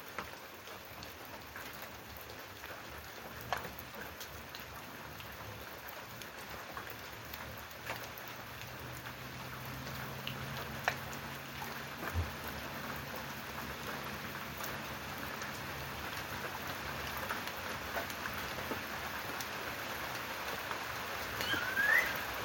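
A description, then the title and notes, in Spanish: Rain falls steadily over open countryside, a dense even hiss with scattered sharper drops. A low hum or passing vehicle rumbles faintly underneath around the middle. The rain grows slightly louder toward the end, where a brief high chirp sounds. Sonido de la lluvia en el campo. Lluvia del campo.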